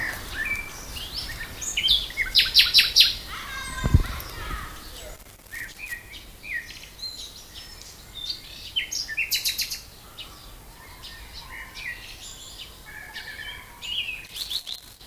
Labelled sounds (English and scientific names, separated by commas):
Common Nightingale (Luscinia megarhynchos) song